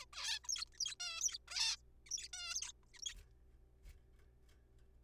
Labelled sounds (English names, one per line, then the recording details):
Zebra Finch
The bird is a juvenile
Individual R3428